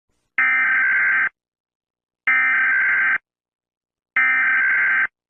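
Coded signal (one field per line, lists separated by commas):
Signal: Emergency Alert System (SAME) tones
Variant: header bursts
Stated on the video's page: Fictional EAS scenario about a zombie virus, not a real alert.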